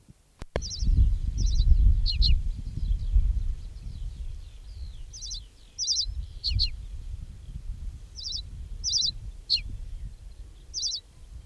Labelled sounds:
Reed Bunting song

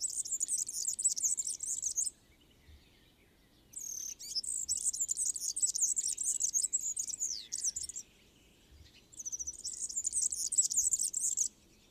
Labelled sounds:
Marsh Warbler song

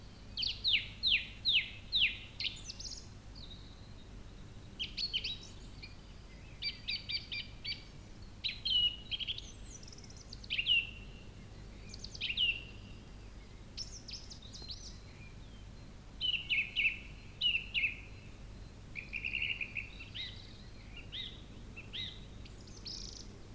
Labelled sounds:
Song Thrush song

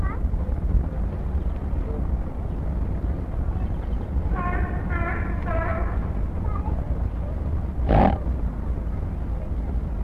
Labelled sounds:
Black Wildebeest call

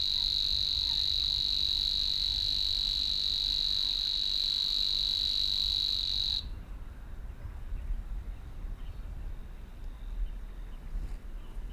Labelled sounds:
Savi's Warbler song

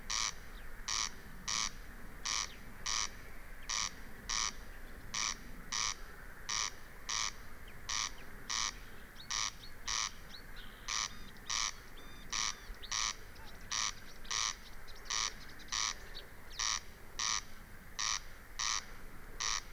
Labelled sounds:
Corn Crake

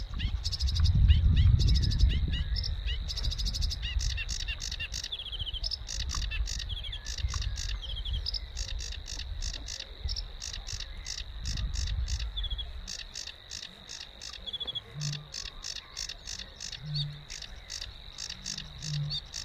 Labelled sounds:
Sedge Warbler song

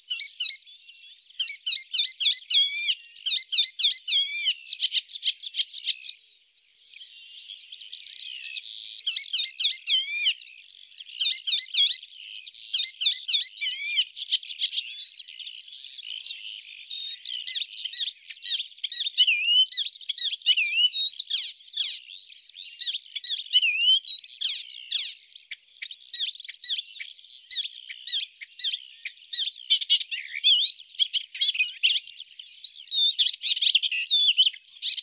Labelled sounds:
Icterine Warbler song

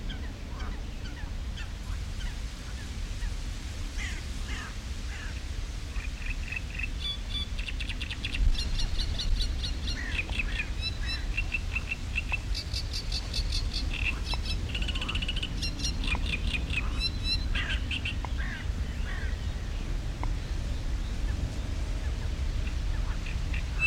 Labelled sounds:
Great Reed Warbler

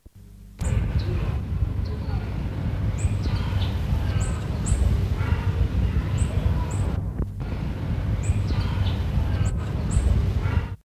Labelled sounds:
White-vented Euphonia call

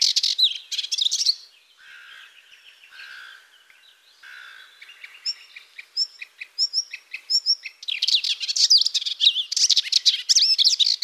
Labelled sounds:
Melodious Warbler song

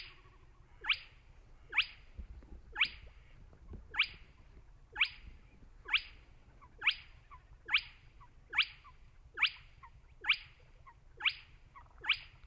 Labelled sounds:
Spotted Crake

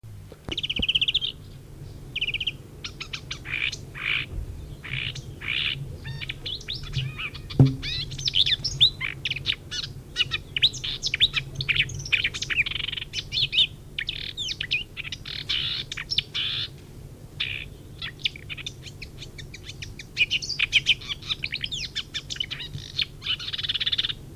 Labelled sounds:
Marsh Warbler song

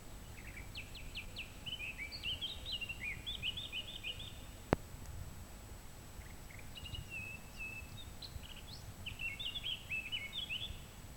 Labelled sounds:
Eurasian Blackcap song

